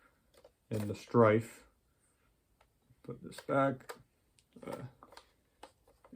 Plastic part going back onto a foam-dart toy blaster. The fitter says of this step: back there we go snaps into place